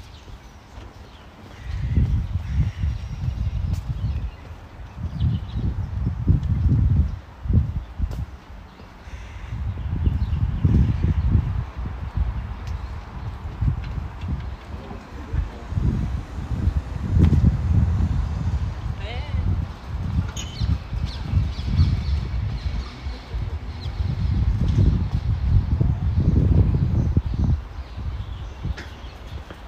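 A walk around Tel Aviv University, dominated by heavy low rumbling that swells and fades in gusts every few seconds throughout. Soft thumps and scuffs run underneath, and a few faint, thin chirps rise briefly above the rumble now and then.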